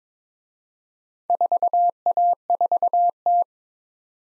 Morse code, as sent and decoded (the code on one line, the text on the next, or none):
....- .- ....- -
4A4T